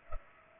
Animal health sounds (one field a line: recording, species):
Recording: mosquito wingbeat signal from an infrared sensor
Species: Culex pipiens